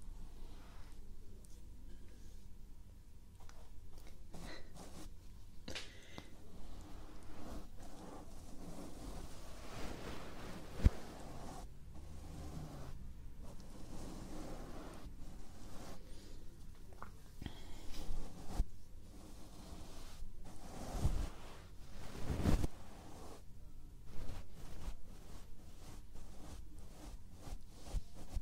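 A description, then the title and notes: Close, muffled brushing and tapping against the ear, with soft rubbing textures and scattered sharp taps, including a louder one near eleven seconds. The sounds are dense and uneven, growing busier and more rhythmic in the last third, over a low, dull rumble. Ear brushing. Ear tapping. Ear cupping. Ear touching.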